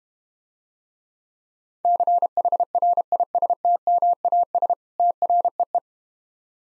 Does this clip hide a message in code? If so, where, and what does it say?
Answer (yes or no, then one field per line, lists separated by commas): yes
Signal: Morse code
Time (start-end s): 1.9-5.8 s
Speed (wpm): 32 wpm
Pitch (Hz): 700 Hz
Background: none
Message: CHRISTMAS TREE